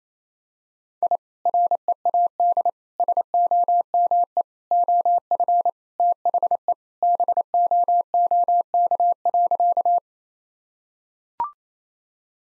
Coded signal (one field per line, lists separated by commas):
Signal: Morse code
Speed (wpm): 28 wpm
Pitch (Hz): 700 Hz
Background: none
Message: I READ SOME OF THE BOOK.